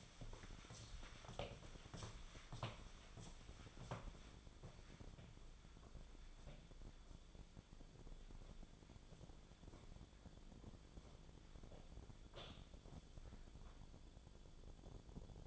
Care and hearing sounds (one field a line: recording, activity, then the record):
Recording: daily activity, microphone in the room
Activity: walk to room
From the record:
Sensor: 5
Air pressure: 1010.2 hPa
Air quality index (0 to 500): 139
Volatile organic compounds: 3 ppm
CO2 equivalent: 1362 ppm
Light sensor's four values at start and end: 278/665/287/320 and 273/681/286/313